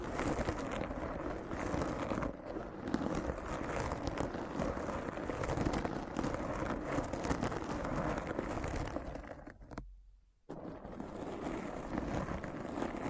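Dense, continuous scratching fills the clip, a rough rustling texture weighted toward the low and middle range with quick, uneven flickers throughout. Near the ten-second mark it thins and cuts to a brief silence, then the scratching resumes at full strength.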